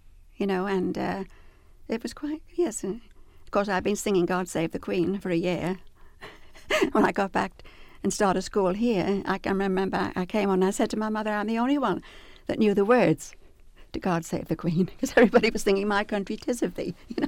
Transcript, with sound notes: you know, and it was quite, yes, got up and sang "God Save The Queen" for a year. (she laughs) When I got back and started school here, I remember I came home and said to my mother, "I'm the only one that knew the words to "God Save The Queen," because everybody was singing "My Country 'Tis Of Thee," you know.